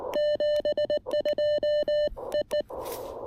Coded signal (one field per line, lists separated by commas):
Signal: Morse code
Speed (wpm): 19 wpm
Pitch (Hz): 3000 Hz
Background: none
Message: 72 EE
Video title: Exploring the Mountains-to-Sea Trail: POTA Activation feat. Hazel and the Elecraft KX1!